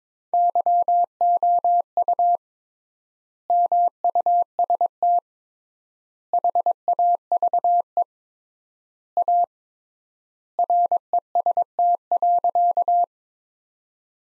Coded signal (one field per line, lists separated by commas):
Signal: Morse code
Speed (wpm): 21 wpm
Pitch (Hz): 700 Hz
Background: none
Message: YOU MUST HAVE A REST.